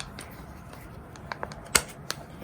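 A Glock 81 Field Knife in Battle Field Green, a fixed-blade knife, is pushed into its polymer sheath, with a few soft ticks around 1.3–1.5 s as the blade slides in. The plastic retention catches with a sharp click at 1.8 s, seating the knife in the sheath, followed by a lighter tick at 2.1 s.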